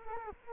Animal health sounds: mosquito wingbeat signal from an infrared sensor; Culex quinquefasciatus

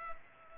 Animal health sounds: mosquito wingbeat signal from an infrared sensor; Culex pipiens

